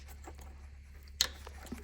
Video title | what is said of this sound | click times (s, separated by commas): BMW Z4 E85 and also E46/E39/E38/E52 Headlight Level Sensor Replacement | There you go. Feel it click. | 1.2 s